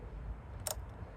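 A plastic engine oil filler cap on the valve cover of a 2015–2017 Hyundai Sonata is screwed back on clockwise against a low, steady background rumble. A single sharp click at 0.7 s marks the cap seating tight.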